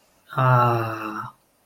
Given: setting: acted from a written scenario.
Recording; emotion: vocal sound without words; contentment